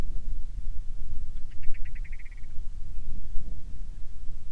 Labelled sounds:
grouse or ptarmigan, wind
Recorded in the Prudhoe Bay oil fields, Alaska, on 25 July 2019 at 01:50
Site 11

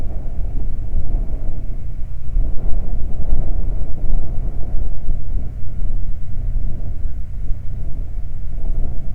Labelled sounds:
wind
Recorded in the Prudhoe Bay oil fields, Alaska, on 12 July 2019 at 00:00
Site 29

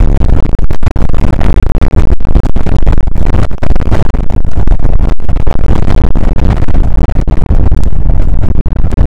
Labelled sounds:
wind
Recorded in the Prudhoe Bay oil fields, Alaska, on 2 August 2019 at 01:33
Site 29

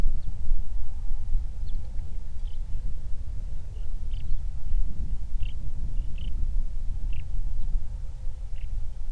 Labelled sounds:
bird, wind, man-made sound
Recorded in the Prudhoe Bay oil fields, Alaska, on 31 July 2019 at 07:46
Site 24

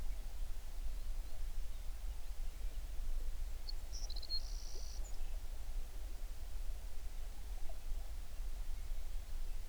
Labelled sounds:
songbird
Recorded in the Prudhoe Bay oil fields, Alaska, on 11 June 2019 at 05:30
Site 21

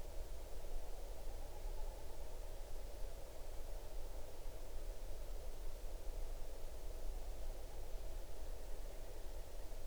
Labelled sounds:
shorebird
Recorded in the Arctic National Wildlife Refuge, Alaska, on 8 June 2019 at 00:01
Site 40

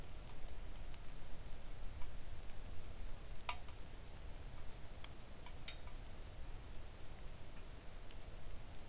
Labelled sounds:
rain
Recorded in the Arctic National Wildlife Refuge, Alaska, on 3 August 2019 at 05:53
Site 41

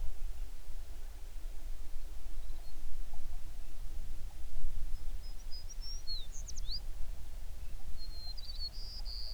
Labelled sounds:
songbird
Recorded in the Prudhoe Bay oil fields, Alaska, on 11 June 2019 at 05:13
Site 21

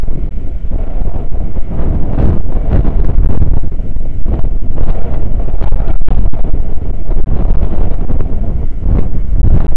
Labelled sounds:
wind
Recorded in the Prudhoe Bay oil fields, Alaska, on 9 August 2019 at 00:05
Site 29

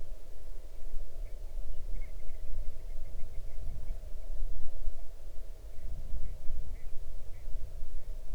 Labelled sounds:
grouse or ptarmigan
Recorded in the Arctic National Wildlife Refuge, Alaska, on 8 June 2019 at 00:12
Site 40

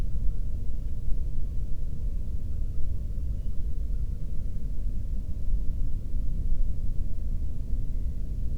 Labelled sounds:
waterfowl
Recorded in the Prudhoe Bay oil fields, Alaska, on 13 June 2019 at 00:33
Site 30

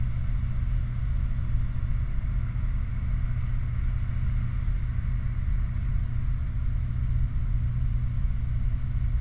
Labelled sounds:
machinery, flare stack
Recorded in the Prudhoe Bay oil fields, Alaska, on 29 July 2019 at 09:22
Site 29

